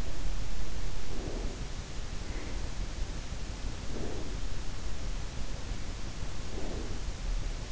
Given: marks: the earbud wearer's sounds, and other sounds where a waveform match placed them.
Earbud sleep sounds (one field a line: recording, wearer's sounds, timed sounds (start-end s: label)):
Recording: sounds in sleep by an in-ear microphone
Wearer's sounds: breath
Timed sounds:
0.84-2.80 s: breath
3.53-4.56 s: breath
5.57-7.13 s: breath